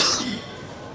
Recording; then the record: coughing mixed with background sound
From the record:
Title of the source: November cold (wet coughing)